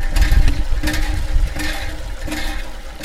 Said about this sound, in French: Ce bruit est celui de l'eau provenant du forage d'eau potable qui est encerclé par des maisons. Nous sommes sur la sous-colline Samariro de la colline Vugizo, zone Gatumba, commune Mutimbuzi en province de Bujumbura.